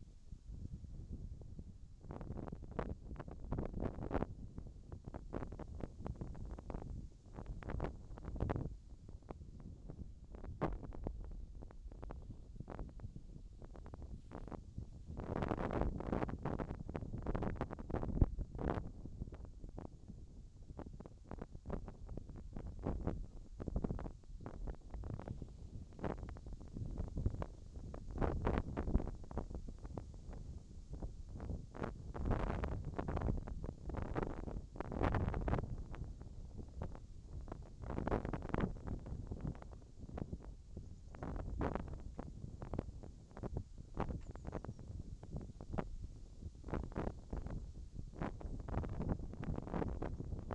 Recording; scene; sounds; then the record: everyday scene through a hearing-aid microphone; wind on the microphone; wind, whistling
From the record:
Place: in front of a rural house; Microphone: in the ear canal, left